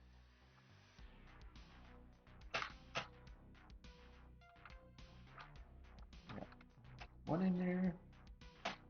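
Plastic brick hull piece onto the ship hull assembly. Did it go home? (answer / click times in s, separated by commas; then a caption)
yes / 8.7 s. Someone talks over background music while pressing the second of three angled plastic brick hull pieces onto the hull assembly of a plastic brick pirate ship. There is a short, sharp click at 8.7 s as the piece seats firmly into place.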